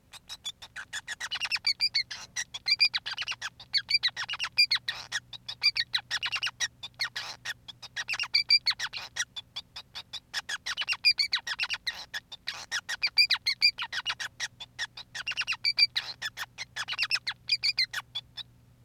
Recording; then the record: song of a male Bengalese finch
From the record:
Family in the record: son of father 5